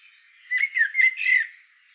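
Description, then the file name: Eurasian blackbird call: one brief squeaky, warbling phrase of three or four quick notes lasting about a second. "Turdus merula"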